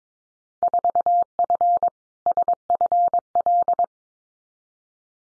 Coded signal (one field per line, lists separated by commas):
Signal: Morse code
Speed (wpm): 22 wpm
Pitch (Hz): 700 Hz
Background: none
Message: 4F SFL